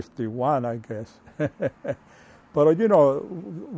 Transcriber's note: laughs